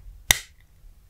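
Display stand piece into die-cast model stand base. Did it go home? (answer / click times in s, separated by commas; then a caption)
yes / 0.3 s. A display stand piece for a Hot Wheels Starships Select Star Wars Gauntlet Starfighter die-cast starship model is pushed into its socket in the stand base during assembly. It gives one sharp, bright click at 0.3 s that rings briefly, followed by a faint small tick near 0.6 s. The piece is seated securely in the stand base.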